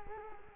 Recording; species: mosquito wingbeat signal from an infrared sensor; Culex quinquefasciatus